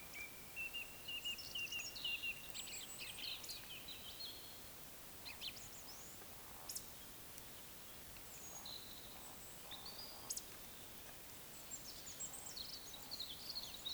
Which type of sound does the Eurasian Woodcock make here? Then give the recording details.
whistle, croak. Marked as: whistle, whistle, croak, whistle, croak, whistle, croak. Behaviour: display flight. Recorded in Baden-Württemberg, Germany, on 20 May 2021 at 19:34 UTC. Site 24606, 635 m above sea level